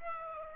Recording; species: mosquito wingbeat signal from an infrared sensor; Aedes aegypti